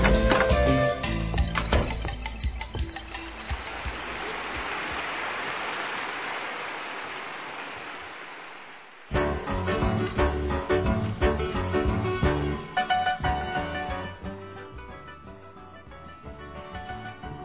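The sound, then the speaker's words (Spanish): Steady audience applause welcoming a guest onto the stage of the show Florilegio Musical Ecuatoriano swells over music for several seconds, a dense crackling wash that fades out before the music carries on alone. “Y con ese aplauso especial vamos a recibir aquí en este escenario a nuestra invitada”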